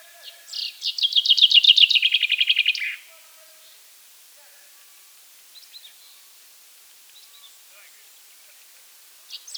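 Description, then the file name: Common chaffinch sings one full song, a rapid series of repeated notes ending in a flourish, followed by soft, sparse chirps. "Fringilla coelebs"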